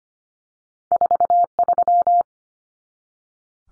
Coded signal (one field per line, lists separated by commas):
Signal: Morse code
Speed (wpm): 25 wpm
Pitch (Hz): 700 Hz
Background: none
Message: 43